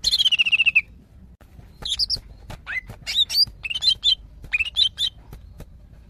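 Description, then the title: Greater green leafbird starts with a descending buzzy trill, then a pause, then varied high whistles and chirps in quick phrases. Female calling to a male, described as very vocal. "CUCAK IJO BETINA GACOR HIPER MEMANGGIL JANTAN"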